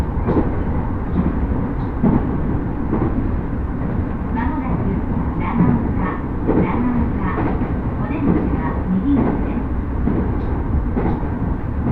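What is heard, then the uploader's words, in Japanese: A rapid train on the Uchibo Line runs from Chiba toward Kisarazu, its low rumble and rattle holding steady for the whole stretch. Faint murmured speech and small clicks surface now and then over the continuous roar, with nothing above a dull upper edge. 鉄道旅 内房線快速 千葉→木更津。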